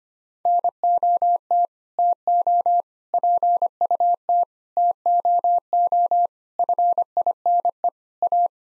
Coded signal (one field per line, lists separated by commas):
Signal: Morse code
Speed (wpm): 25 wpm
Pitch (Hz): 700 Hz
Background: none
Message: NOT TO PUT TOO FINE A